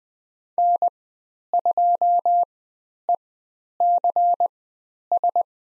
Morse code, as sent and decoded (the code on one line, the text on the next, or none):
-. ..--- . -.-. ...
N2ECS